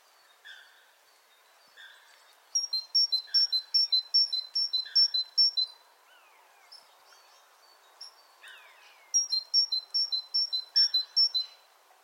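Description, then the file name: Great tit with scattered soft lower notes, then two bursts of rapidly repeated whistled high-low note pairs separated by a quieter gap. "Parus major"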